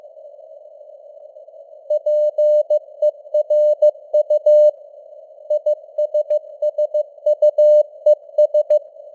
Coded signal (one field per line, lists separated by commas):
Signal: Morse code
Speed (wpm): 15 wpm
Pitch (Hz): 600 Hz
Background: none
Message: PERU ISSUES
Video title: Morse Code News | 2025-11-22 | 15wpm